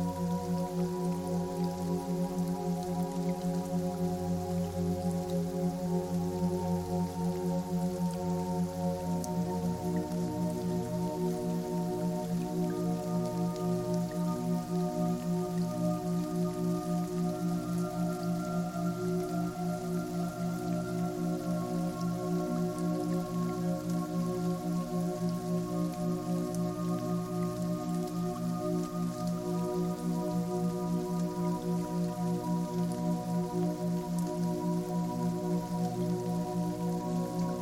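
Steady rain patters softly beneath low, sustained piano tones that hold and slowly shift, with a deeper bass note fading after ten seconds.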